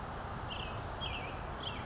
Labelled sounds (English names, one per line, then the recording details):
Western Tanager
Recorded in Sonoma County, California